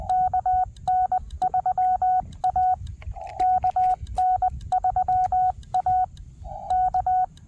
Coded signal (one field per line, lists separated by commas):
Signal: Morse code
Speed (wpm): 20 wpm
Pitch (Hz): 740 Hz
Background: none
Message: KN3A KN3A K